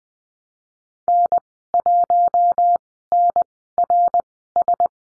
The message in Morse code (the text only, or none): N1NRS